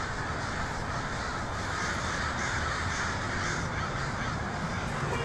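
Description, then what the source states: Many crows cawing at once, a continuous harsh chorus. Portland, 23 October 2018.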